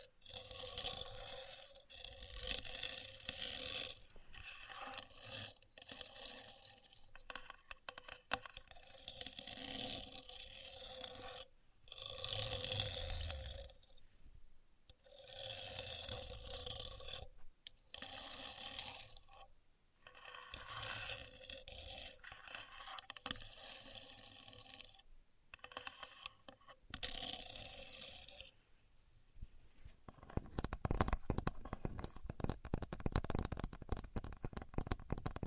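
A contour gauge clatters as its pins slide and scrape in short bursts with brief pauses, ending in a denser, louder rattling from about 30 seconds.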